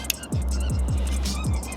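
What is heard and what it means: During a front bumper install on an RX-7, a new horn's wiring connector is plugged into the horn terminal and clicks in sharply at 0.1 s. From about 0.3 s the new horn sounds in a steady, loud blare with low droning tones and repeated downward pitch sweeps. The connector is seated and the horn works.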